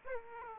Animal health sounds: mosquito wingbeat signal from an infrared sensor; Aedes aegypti

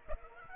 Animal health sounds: mosquito wingbeat signal from an infrared sensor; Aedes aegypti

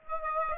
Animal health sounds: mosquito wingbeat signal from an infrared sensor; Aedes aegypti

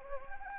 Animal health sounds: mosquito wingbeat signal from an infrared sensor; Anopheles arabiensis

